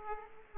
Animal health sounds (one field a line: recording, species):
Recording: mosquito wingbeat signal from an infrared sensor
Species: Aedes aegypti